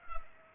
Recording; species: mosquito wingbeat signal from an infrared sensor; Culex pipiens